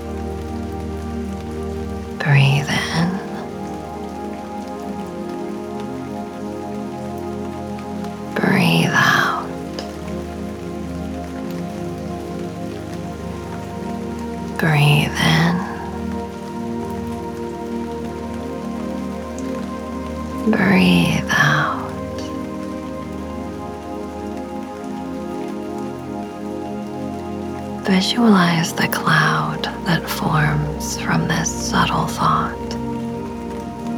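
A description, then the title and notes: Steady rain hisses evenly throughout, over a constant low hum. About every six seconds a short burst breaks through, brief voice-like sounds near 3, 9, 15 and 21 seconds, then a longer, busier cluster around 28 to 31 seconds. Sound Of Rain.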